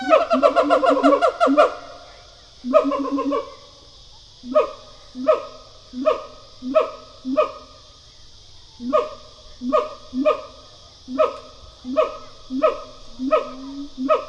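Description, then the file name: Siamang calls: a burst of rapid notes, then a series of short whooping notes with bright upper tones at roughly two-thirds-second intervals, with a pause, over a steady high hiss. A pair of siamangs. "animal gibbon siamang pair"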